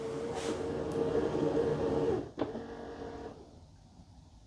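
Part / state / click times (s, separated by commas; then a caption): robot vacuum mop pads releasing from the robot at the docking station / released / 2.4 s. A Dreame Ultra robot vacuum returns to its base station and automatically drops off its mop pads before going to vacuum carpet. A steady motorized hum with a tonal whine cuts out just before a sharp clunk at 2.4 s, then a quieter hum continues and fades. The mop pads are confirmed released at the dock.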